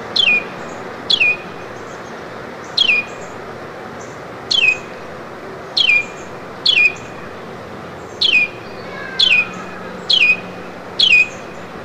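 Carolina wren giving sharp, high notes that slide steeply downward, repeated about once a second over a steady background hiss.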